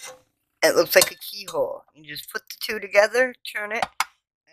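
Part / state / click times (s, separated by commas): attachment into stand mixer hub / not seated / none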